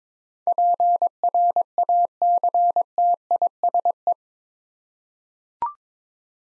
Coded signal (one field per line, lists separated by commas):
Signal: Morse code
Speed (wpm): 22 wpm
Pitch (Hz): 700 Hz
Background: none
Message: PRACTISE